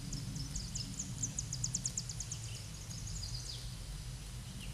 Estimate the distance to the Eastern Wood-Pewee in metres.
about 90 m